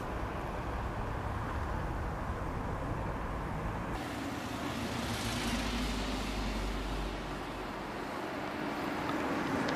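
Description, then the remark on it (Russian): A car's engine rumbles steadily under broad, wind-like road noise as it drives; around the midpoint the hiss turns brighter and louder, then the low engine drone eases off toward the end as a traffic police officer pulls the car over. No one speaks. “Гаишник останавливает машину Максима.”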